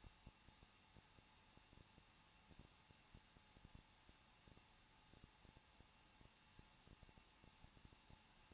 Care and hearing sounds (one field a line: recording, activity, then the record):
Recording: daily activity, microphone in the room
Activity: no activity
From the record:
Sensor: 1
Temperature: 20.1 degrees Celsius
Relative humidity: 39.1%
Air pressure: 1006.5 hPa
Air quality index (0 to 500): 216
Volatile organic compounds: 73 ppm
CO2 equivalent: 3545 ppm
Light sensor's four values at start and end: 1/2/1/1 and 1/2/1/1